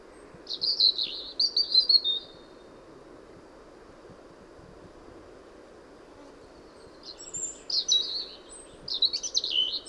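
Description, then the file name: European robin song: a thin, high warbled phrase of sweet trills lasting about two seconds, a long pause, then more tumbling high twittering notes over steady low background hiss. "Erithacus rubecula"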